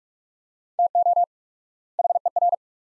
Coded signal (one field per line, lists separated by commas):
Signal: Morse code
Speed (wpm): 42 wpm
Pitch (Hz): 700 Hz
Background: none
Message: TO HER